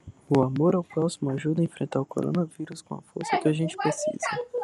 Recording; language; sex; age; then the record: spoken sentence; Brazilian Portuguese; male; 18 to 19 years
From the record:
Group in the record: control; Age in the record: 19 years